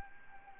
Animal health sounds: mosquito wingbeat signal from an infrared sensor; Anopheles arabiensis

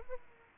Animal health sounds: mosquito wingbeat signal from an infrared sensor; Aedes aegypti

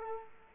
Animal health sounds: mosquito wingbeat signal from an infrared sensor; Culex quinquefasciatus

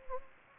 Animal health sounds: mosquito wingbeat signal from an infrared sensor; Anopheles gambiae

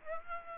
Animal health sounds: mosquito wingbeat signal from an infrared sensor; Aedes aegypti

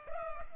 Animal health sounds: mosquito wingbeat signal from an infrared sensor; Culex pipiens

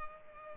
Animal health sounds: mosquito wingbeat signal from an infrared sensor; Culex pipiens

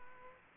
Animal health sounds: mosquito wingbeat signal from an infrared sensor; Aedes aegypti

